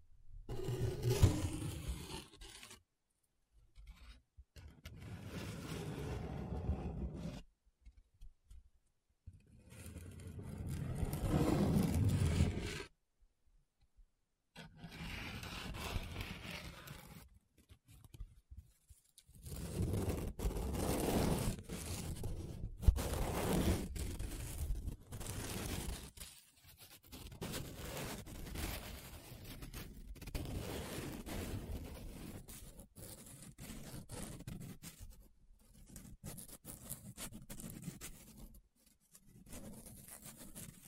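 Paper is rubbed, scratched and traced in irregular bursts of rough, rasping friction, separated by short silences, some strokes long and sweeping.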